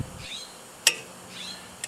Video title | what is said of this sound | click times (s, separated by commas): brake job 2002 dodge stratus | you hear the click it's at 85 foot-pounds | 0.9 s